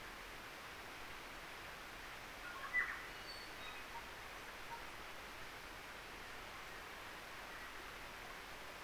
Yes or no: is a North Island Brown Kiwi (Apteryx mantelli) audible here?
no